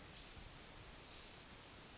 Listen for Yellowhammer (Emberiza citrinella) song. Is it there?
yes